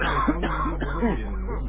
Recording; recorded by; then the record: voluntary cough; telephone call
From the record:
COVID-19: positive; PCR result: checked with the laboratory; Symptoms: yes